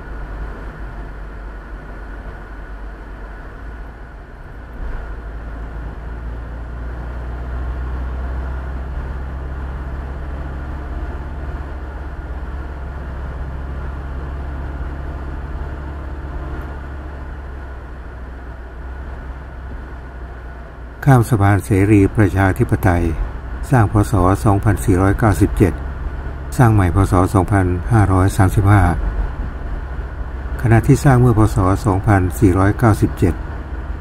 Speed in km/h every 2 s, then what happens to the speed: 37, 33, 32, 35, 37, 38, 39, 40, 39, 38, 35, 37, 38, 40, 39, 39, 40.
0-5 steady at about 33. 5-12 speeds up to 39. 12-34 steady at about 39.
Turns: none.